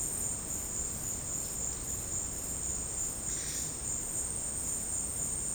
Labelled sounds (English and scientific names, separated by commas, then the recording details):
none
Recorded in secondary vegetation near Puerto Asís, Putumayo, Colombia, on 23 June 2025 at 13:30
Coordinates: 0.484, -76.319
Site G074